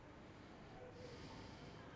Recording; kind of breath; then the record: one breath in and out by a microphone near the nose and mouth; normal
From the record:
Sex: male